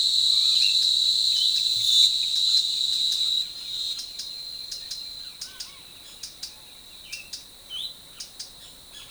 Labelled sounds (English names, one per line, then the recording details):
Blue-gray Tanager
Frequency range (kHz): Blue-gray Tanager 2.2-4.2 kHz
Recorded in forest near Pivijay, Magdalena, Colombia, on 18 April 2023 at 12:30
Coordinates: 10.467, -74.380
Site Z5-G034